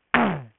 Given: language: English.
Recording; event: throat vibration sensor signal played as sound; throat clearing